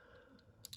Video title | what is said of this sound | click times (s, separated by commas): Cyberverse 1-Step Changer WHIRL - Via's Toy Reviews #8 | until it just kind of stops and snaps into place. | 0.7 s